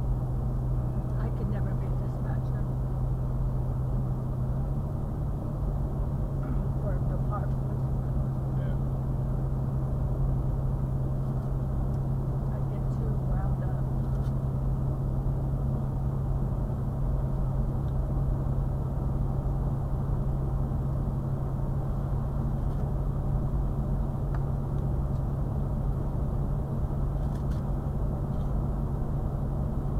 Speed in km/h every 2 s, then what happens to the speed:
68, 69, 69, 71, 71, 71, 72, 72, 74, 74, 74, 74, 74, 76, 76.
0-30 steady at about 72.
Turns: none.